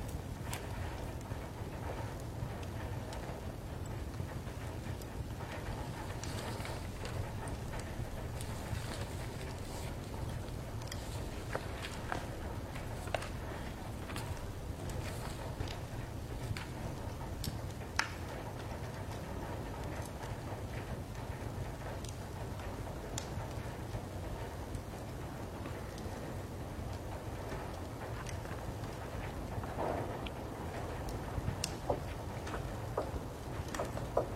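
Library ambience with a steady, dense low rumble running unbroken throughout and a faint hum above it. Small sharp ticks and light knocks land every second or so, a few standing out a little louder around 18 and 30 seconds.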